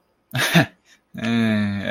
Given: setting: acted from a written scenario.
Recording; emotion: vocal sound without words; embarrassment